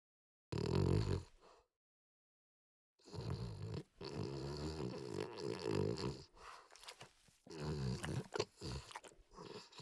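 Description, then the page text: French Bulldog giving one short raspy snort, then after a pause a long stretch of rough, uneven snorting and snuffling that rises and falls in loudness. "French Bulldog Snort Long. Quick Sounds"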